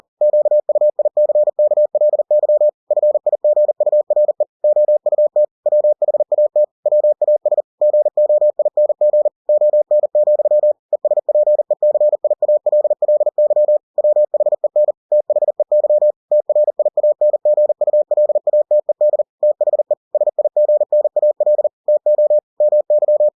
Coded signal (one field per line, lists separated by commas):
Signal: Morse code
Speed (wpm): 40 wpm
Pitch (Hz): 600 Hz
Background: none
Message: QUICKLY FIGURE OUT WHAT WAS GOING ON, ESPECIALLY WHEN THEY TRIANGULATED THE SIGNAL TO MY